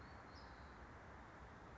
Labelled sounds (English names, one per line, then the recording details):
California Towhee
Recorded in Sonoma County, California